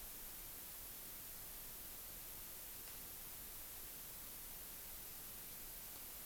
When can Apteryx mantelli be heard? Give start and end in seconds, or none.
none